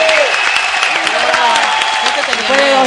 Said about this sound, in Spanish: Llegaron el aplauso.